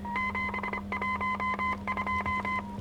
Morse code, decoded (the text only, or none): 712